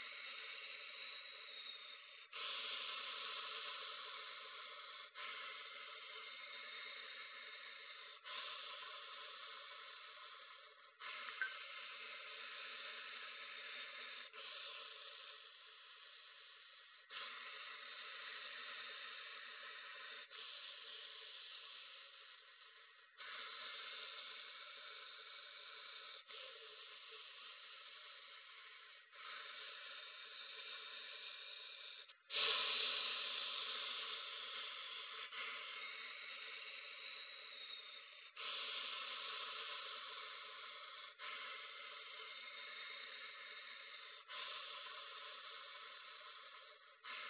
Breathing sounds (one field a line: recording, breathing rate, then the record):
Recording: paced breathing near a phone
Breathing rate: 10 breaths a minute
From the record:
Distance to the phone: 40 cm